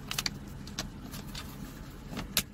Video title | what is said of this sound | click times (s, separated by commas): 92-20 Fault Airbag Code ( Open or Short to ground in the passenger's airbag cutoff indicator ) | once you hear the click and then just gotta be careful when you | 2.4 s